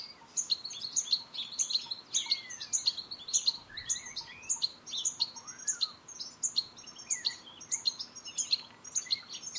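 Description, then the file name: European goldfinch giving continuous rapid twittering chirps, high and tinkling. "Carduelis carduelis"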